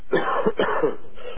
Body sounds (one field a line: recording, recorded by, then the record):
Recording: voluntary cough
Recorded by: telephone call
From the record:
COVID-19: positive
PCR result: self-reported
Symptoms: no